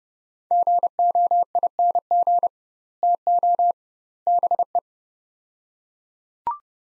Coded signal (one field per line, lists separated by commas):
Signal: Morse code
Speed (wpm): 30 wpm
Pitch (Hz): 700 Hz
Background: none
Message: GOING TO BE